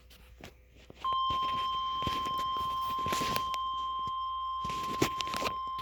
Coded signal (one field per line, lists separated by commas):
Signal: Emergency Alert System (SAME) tones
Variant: 1050 Hz attention tone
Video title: Severe Thuderstorm Warning EAS#8 NOAA Weather Radio